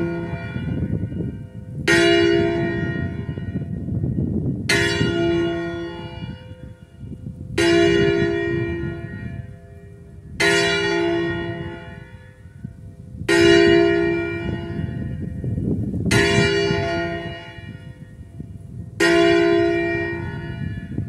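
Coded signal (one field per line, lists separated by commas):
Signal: bell signal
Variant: Angelus distesa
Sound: a single swinging church bell ringing steadily, seven strokes with long ringing decay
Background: outdoor ambience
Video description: [0:23] Segnale orario delle 12.00 sulla I e distesa della stessa per l'Angelus feriale del 5/9/2023.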